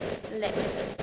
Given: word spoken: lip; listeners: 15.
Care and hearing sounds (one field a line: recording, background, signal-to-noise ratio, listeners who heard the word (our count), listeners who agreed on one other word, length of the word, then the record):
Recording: one English word in noise, from a listening test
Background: noise modulated by three-talker babble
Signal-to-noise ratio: -4.0 dB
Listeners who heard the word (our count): 4 of 15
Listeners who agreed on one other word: 6 of 15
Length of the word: 0.63 s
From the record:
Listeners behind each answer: 6, 4, 2, 2, 1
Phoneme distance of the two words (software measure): 10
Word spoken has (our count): 1 syllable, 3 phonemes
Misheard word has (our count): 1 syllable, 3 phonemes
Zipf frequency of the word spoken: 3.91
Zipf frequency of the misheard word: 3.86